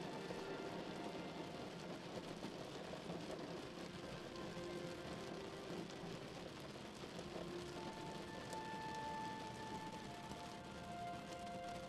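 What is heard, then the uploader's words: Rain falls at a window in a steady, dense patter that holds the same level for the whole stretch. A low rumble runs underneath, and a few faint tonal hums drift in and out, most clearly around the middle and end. Rain at your window.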